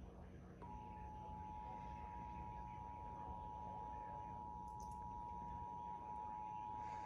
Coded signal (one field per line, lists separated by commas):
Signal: Emergency Alert System (SAME) tones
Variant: 853 and 960 Hz attention tone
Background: speech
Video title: (EAS #40) Flash Flood Warning issued at 4 am 😩